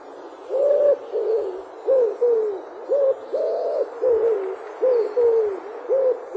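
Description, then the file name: Common wood pigeon song of repeated mellow, low coos, some flat and some sliding downward, against a quiet hiss. "ringdue"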